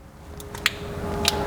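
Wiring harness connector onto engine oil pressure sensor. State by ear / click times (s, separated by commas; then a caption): seated / 0.7 s. A wiring harness connector is pushed back onto a new oil pressure sensor on a Dodge Durango's 5.7 HEMI engine. A few faint ticks lead to a sharp click at 0.7 s, showing the connector is fully seated, and a second sharp click follows at about 1.3 s over a low steady hum.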